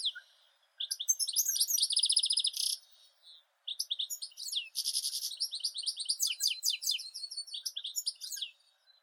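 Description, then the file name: European goldfinch singing a fast liquid twitter, with rapid trilled runs and buzzy notes strung into two long phrases separated by a brief pause. "Golosa ptic - CSHegol Carduelis carduelis"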